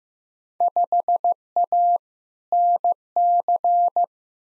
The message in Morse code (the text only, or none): 5A NC